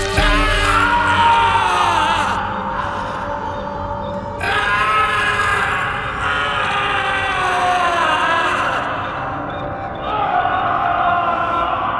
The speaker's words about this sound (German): Der Schrei des Entsetzens und des Schmerzes erschütterte die Fundamente der Festung in der Calle Vena.